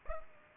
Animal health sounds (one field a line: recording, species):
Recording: mosquito wingbeat signal from an infrared sensor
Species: Culex pipiens